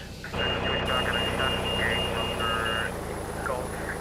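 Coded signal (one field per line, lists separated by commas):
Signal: none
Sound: flight simulator cockpit chimes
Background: speech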